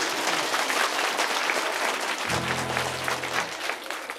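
Steady, dense clapping from a crowd at a children's festival, applauding a performer, fills the whole stretch without a break, and a low sustained hum rises underneath partway through before fading out.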